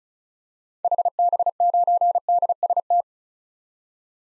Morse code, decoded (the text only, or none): HB9DST